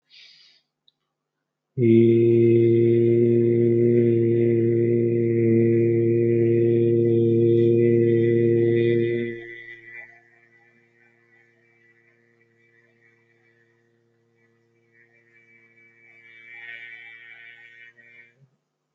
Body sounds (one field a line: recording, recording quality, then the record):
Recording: sustained vowel as in made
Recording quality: excellent, no background noise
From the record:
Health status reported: healthy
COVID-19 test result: negative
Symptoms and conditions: none ticked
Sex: male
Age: 31 years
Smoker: not ticked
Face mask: not worn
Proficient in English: yes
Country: India